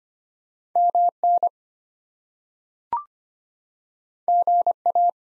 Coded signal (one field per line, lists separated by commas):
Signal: Morse code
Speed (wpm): 25 wpm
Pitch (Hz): 700 Hz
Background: none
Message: MN GA